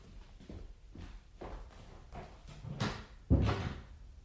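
A few soft, evenly spaced footstep-like knocks lead into a door being pushed closed, ending in a firm, low thud with a brief rattle. No one speaks.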